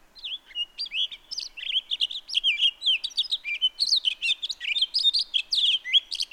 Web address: songs Townsend's Solitaire